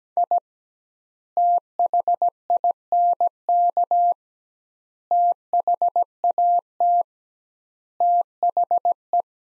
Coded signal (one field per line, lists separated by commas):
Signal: Morse code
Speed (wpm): 17 wpm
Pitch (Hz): 700 Hz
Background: none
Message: I THINK THAT THE